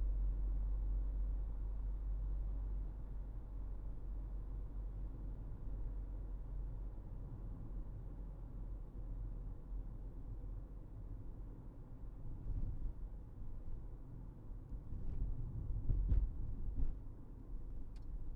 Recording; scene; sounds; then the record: everyday scene through a hearing-aid microphone; in a vehicle; engine, highway driving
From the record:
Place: Berlingo II, diesel engine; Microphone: behind the ear, right, front